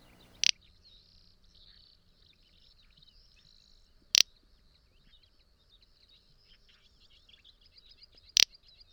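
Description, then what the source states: Little Bustard short, dry 'prrt' calls, three of them about four seconds apart, over a steady high chorus of insects. Male's short dry 'prrt' given at regular intervals, likened to flatulence; recorded by Sononatura.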